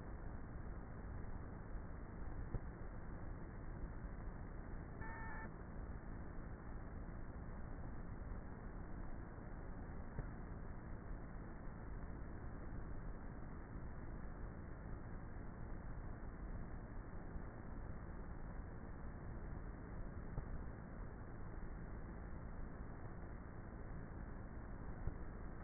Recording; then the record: honeybee colony, microphone inside the hive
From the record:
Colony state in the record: queenless with a low population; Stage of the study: before two queens were removed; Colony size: about 30,000 bees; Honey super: no